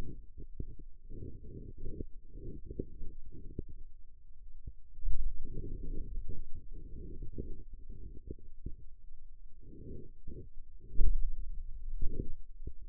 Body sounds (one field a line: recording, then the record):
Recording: forearm muscle sounds (acoustic myography)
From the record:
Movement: pen grasping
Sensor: system 2, bracelet of six BSWA MPA416 microphones around the upper forearm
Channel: 5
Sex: male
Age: 22 years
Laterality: right